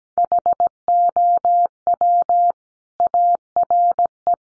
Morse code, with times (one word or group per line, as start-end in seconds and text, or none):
0.2-2.5 HOW
3.0-4.3 ARE